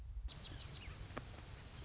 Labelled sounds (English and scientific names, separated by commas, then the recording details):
Anna's Hummingbird (Calypte anna)
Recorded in Sonoma County, California